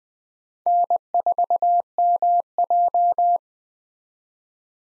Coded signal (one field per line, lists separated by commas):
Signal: Morse code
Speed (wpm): 20 wpm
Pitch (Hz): 700 Hz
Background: none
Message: N4MJ